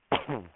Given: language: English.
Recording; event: throat vibration sensor signal played as sound; cough